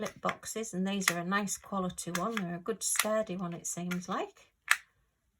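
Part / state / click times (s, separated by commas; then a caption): plastic flip lid onto a small drill storage box / seated / 4.7 s. Someone talks, then a small plastic flip-lid storage box for diamond painting drills is snapped shut. A single sharp click is heard at 4.7 s as the lid seats closed. The box is then squeezed and does not pop open.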